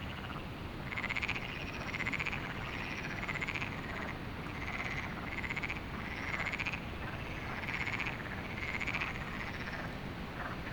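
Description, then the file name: Frogs calling in short, bright bursts repeated at short intervals, over a steady background rush of wind. Frogs heard at night at Lagoa do Canário, with wind; binaural recording. "Lagoado Canario frogs"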